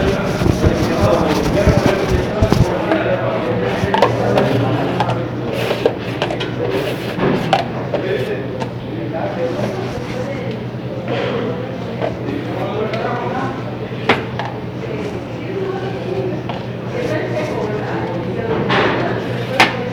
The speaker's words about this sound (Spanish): Voy poniendo los platos.